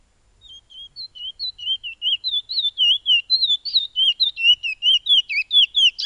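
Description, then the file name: Black-capped white-eye singing a lively run of high whistled notes, each rising and falling, growing louder. "suara burung piolet omkicau"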